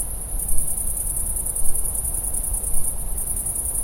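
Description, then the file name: Great green bush-cricket giving a sustained high, sizzling trill without pauses, accompanied by strong low-frequency rumble. Recorded on 6 September 2016. "Grande Sauterelle verte 2016-09-06"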